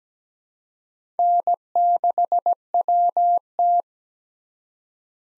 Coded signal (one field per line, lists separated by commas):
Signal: Morse code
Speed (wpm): 17 wpm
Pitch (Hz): 700 Hz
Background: none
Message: N6WT